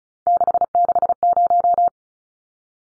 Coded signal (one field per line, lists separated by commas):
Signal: Morse code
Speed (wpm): 34 wpm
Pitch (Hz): 700 Hz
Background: none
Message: 660